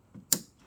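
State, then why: Seated. After an LED headlight bulb is installed in a Honda Odyssey, a plastic retaining clip is pushed up underneath the headlight housing mount. A soft low bump at 0.2 s is followed by a sharp, loud click at 0.3 s as the clip snaps into place and seats.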